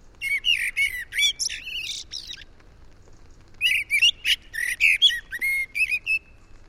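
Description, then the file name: Eurasian blackbird giving two bursts of rapid chattering, whistled and high squeaky notes, separated by about a second of near silence. "Turdus merula"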